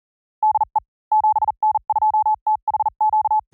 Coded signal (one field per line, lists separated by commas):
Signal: Morse code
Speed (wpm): 40 wpm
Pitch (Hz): 840 Hz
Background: none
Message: DE 7N2THQ